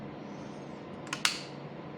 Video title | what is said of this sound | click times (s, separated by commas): How to Fix Hp laserjet 1600 printer Light/blur print ( hp1600 scanner cleaning ) | এটা কট করে আওয়াজ হলে মনে করবে যে হ্যাঁ জিনিসটা ঠিক আছে বসাটা। | 1.2 s